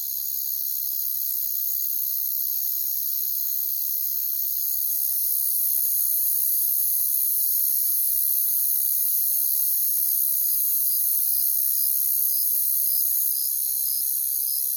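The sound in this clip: Unbroken high cricket chorus, with a pulsed chirping that repeats steadily about twice a second in the latter half.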